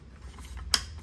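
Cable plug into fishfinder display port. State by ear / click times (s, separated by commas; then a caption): seated / 0.7 s. A cable plug is pushed into a port on the back of a Humminbird Helix fishfinder head unit. Faint, quiet clicks come first, then a loud, sharp click at 0.7 s as the connector latch seats. The plug is confirmed seated.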